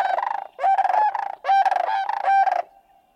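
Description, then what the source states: Sandhill Crane unison call: loud rolling, rattling bugles in several bursts, ending in a faint low trailing note. Courting pair calling in unison at sunrise on a southwestern marsh in late February, dancing, bowing and leaping with wings outstretched; pairs remain together for life.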